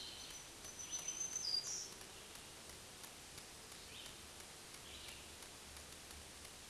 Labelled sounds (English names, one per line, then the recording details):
Black-throated Green Warbler song
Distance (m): 20 m
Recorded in a Pennsylvania forest on 1 June 2023 at 08:58
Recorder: AudioMoth, point grid3_34_low
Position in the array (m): 213 m, 138 m